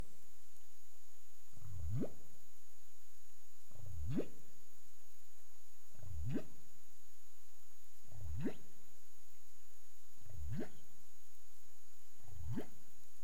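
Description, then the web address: Humpback whale calls: six low grunting upsweeps, each rising sharply in pitch, repeated about every two seconds against a constant hiss. Recorded in the Caribbean on 30 April 2035 at 03:23 UTC. "humpback whale 20350430 032331 UTC"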